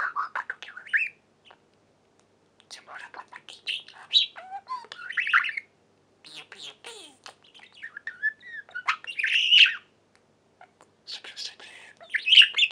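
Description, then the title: Budgerigar warbling with clicks, buzzy squeaks and short whistles, delivered in broken phrases with quiet gaps. "Budgie Sounds"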